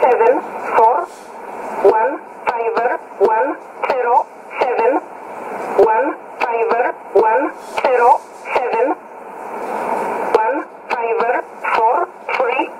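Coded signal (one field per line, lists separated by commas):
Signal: numbers station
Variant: E11 Oblique, English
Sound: a clipped radio voice reading short, evenly spaced words, about one a second, over hiss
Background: radio static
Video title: 14 02 2017 Numbers station E11 Oblique in English to Eu 1051 on 12153 in USB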